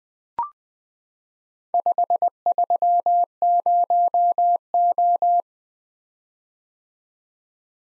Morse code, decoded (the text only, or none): 530O